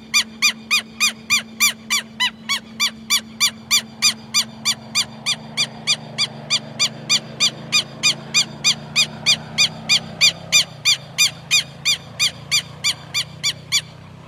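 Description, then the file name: Southern lapwing calling in a long, rapid, very regular run of harsh ringing notes, with a low drone underneath. "canto do quero quero"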